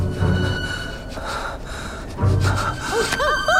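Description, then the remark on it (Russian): A wolf guard sniffs the air: two bursts of sharp, breathy sniffing, one early and one later, over a steady soft background hum, ending with a few short high-pitched rising and falling whines. “Он прокрадывается за охранника, который начинает принюхиваться.”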